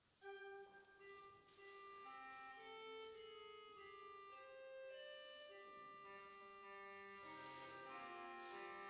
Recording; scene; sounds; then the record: everyday scene through a hearing-aid microphone; reverberant space; music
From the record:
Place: church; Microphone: in the ear canal, left